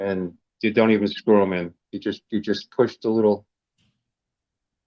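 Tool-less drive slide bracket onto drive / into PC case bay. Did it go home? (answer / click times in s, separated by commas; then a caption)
no / none. A plastic tool-less drive slide bracket is being lined up on a drive for a PC case bay, with its pin set against the screw hole before it is pushed home. Someone talks for about the first 3.4 seconds, then the clip goes quiet. Nothing has seated or clicked yet.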